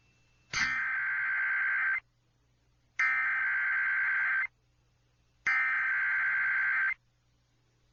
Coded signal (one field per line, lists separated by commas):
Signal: Emergency Alert System (SAME) tones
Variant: header bursts